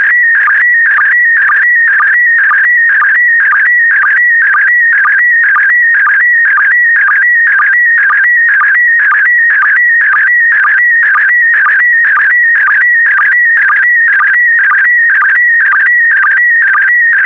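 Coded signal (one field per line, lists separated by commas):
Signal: SSTV (slow-scan television)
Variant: PD120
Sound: warbling whistle-like tone shifting in pitch, with a short low blip every half second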